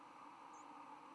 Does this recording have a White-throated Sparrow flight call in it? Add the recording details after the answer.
no. Another species' flight call is heard. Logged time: 08:51 on 10 November 2014